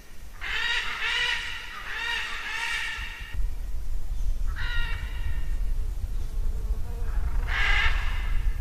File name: canto da arara militar